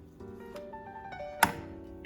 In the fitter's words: All right, once you guys hear it click, that's when you know you have successfully installed your RAM.